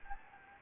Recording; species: mosquito wingbeat signal from an infrared sensor; Anopheles gambiae